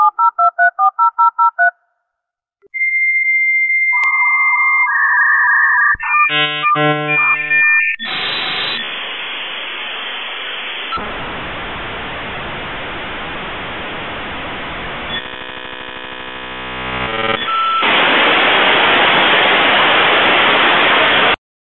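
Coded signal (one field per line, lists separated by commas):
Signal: dial-up modem handshake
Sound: quick dialing tones, a steady high tone, warbling beeps, then loud crackling hiss bursts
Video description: Dial Up Internet Sound. Old famous sound from computer. Internet modem connection.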